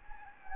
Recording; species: mosquito wingbeat signal from an infrared sensor; Anopheles gambiae